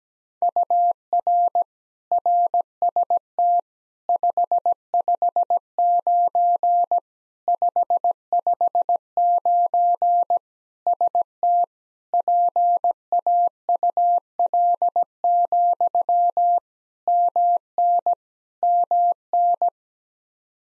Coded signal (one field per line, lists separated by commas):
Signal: Morse code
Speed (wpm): 17 wpm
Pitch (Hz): 700 Hz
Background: none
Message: UR RST 559 559 ST PAUL, MN MN